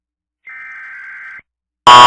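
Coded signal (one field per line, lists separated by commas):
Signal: Emergency Alert System (SAME) tones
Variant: header bursts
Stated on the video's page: Fictional EAS scenario about overpopulating rattlesnakes, not a real alert.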